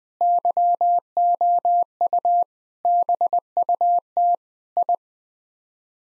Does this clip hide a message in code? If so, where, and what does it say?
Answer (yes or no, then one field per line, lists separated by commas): yes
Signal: Morse code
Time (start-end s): 0.2-4.9 s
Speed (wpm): 21 wpm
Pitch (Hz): 700 Hz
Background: none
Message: YOU BUT I